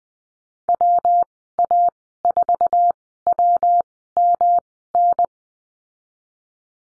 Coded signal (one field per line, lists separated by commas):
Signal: Morse code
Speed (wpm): 19 wpm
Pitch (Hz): 700 Hz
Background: none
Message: WA4WMN